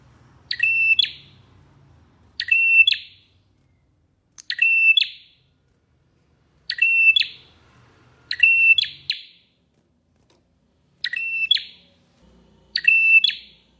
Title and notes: Masteran Terapi Prenjak Durasi Panjang. Burung Prenjak